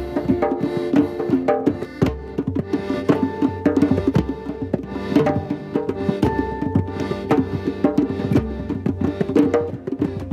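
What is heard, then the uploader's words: Drum circle jam with dense, steady hand-drum beats, deep booming low hits and ringing tones layered throughout, rhythm rolling without pause. Shingletown, CA drum circle jams.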